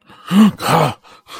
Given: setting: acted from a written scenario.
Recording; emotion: vocal sound without words; fear